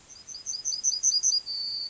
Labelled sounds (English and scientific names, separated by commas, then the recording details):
Yellowhammer (Emberiza citrinella) song
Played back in grassland
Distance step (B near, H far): C
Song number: 109